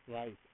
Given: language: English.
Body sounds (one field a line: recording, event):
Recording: throat vibration sensor signal played as sound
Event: speech